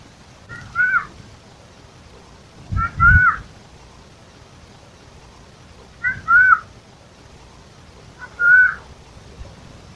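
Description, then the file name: Eurasian jay giving four short nasal calls spaced a few seconds apart, with soft low thumps beneath some of them. "Garrulus glandarius"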